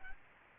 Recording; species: mosquito wingbeat signal from an infrared sensor; Aedes aegypti